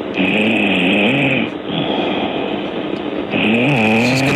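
Loud, rough, buzzing snores from a woman who has fallen asleep during a phone call, in long drawn-out breaths over a telephone line, with a steady high line tone behind; the snoring is loud enough that she seems about to snore herself awake.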